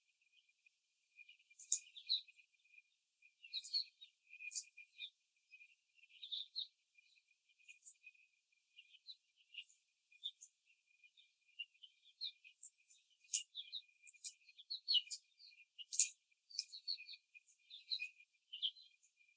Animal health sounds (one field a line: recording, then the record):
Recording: young laying hens in a cage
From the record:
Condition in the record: before the stressor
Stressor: simulated dog barking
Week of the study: 3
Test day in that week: 2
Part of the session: 2